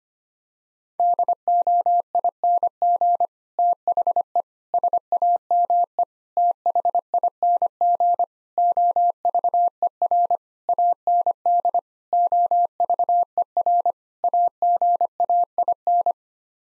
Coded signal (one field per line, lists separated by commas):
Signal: Morse code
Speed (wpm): 25 wpm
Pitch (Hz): 700 Hz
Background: none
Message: DOING THE SAME THING OVER AND OVER AGAIN